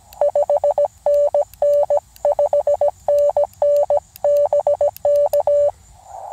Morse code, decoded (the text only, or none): 5NN 5NN BK